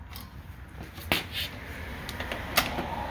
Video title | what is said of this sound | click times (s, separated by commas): Test and review if the DeWALT 21.5" 20-Volt MAX Lithium-Ion cordless push mower. | there we go it actually clicks into place here and on the back of it you can see | 2.6 s